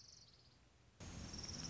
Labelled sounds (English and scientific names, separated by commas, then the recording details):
Orange-crowned Warbler (Leiothlypis celata)
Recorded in Sonoma County, California